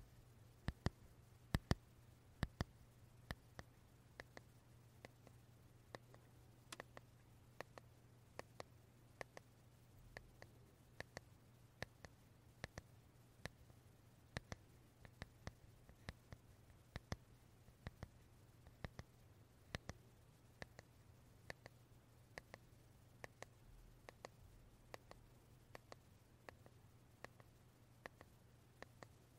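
A wooden brush is tapped and touched in short, sharp clicks that come in loose clusters, some quick and some spaced apart by a second or more, all through the clip. Beneath the taps runs a steady low hum, with a faint hiss.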